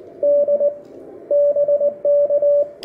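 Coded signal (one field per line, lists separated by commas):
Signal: Morse code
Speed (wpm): 19 wpm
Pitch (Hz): 580 Hz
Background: radio noise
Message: D BK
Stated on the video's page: Portable operation in Morse from Dōhō Park, Tsukuba, with an IC-705.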